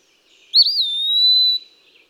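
Eastern wood-pewee song: a single high, clear whistled phrase that wavers briefly, then holds a long, steady drawn-out tone before fading quickly.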